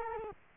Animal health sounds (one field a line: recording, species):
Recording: mosquito wingbeat signal from an infrared sensor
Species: Culex quinquefasciatus